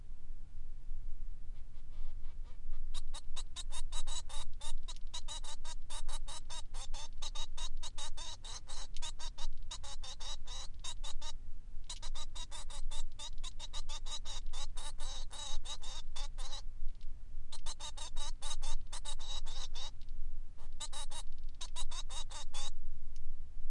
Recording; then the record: song of a male Bengalese finch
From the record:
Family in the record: son of father 3